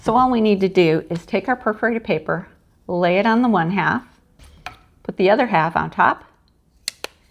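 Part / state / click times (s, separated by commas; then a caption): top half of magnetic stitching frame onto bottom half over perforated paper / seated / 6.9 s, 7.0 s. Someone talks while laying perforated paper on the bottom half of a magnetic stitching frame and placing the other half on top. The magnets pull the halves together with two sharp snaps at 6.9 s and 7.0 s, seating the frame.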